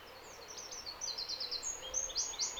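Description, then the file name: Eurasian wren, a fast, continuous run of high, sharp trills and chattering notes. "Troglodytes troglodytes"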